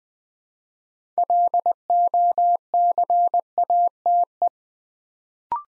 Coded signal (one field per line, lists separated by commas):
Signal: Morse code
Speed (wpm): 20 wpm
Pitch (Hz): 700 Hz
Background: none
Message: LOCATE